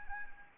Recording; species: mosquito wingbeat signal from an infrared sensor; Anopheles arabiensis